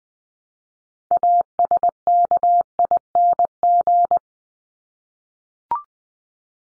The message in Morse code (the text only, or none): ASKING